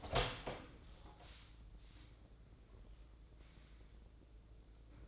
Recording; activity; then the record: daily activity, microphone in the room; open door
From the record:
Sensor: 3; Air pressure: 1012.3 hPa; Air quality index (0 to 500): 176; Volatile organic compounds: 3 ppm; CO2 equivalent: 1350 ppm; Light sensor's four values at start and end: 604/1500/621/640 and 600/1490/617/635